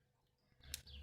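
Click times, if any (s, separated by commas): 0.7 s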